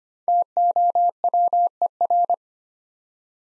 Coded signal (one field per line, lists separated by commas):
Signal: Morse code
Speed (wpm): 25 wpm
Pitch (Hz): 700 Hz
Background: none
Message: TOWER